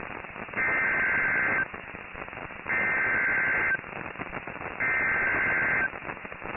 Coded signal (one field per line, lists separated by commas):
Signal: Emergency Alert System (SAME) tones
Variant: header bursts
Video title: PDS Tornado Warning Rowlett Texas (EAS 28 at 2:44)